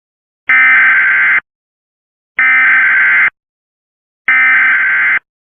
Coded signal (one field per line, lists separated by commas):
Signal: Emergency Alert System (SAME) tones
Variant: header bursts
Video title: EAS Derailment in Oregon State